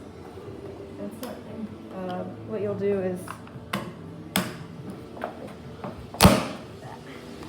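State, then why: Seated. Someone talks while a part of a fitness tracker that had come out is pressed back into its band or housing, with a few light taps along the way. A sharp, loud snap at 6.2 s marks the part seating back into place.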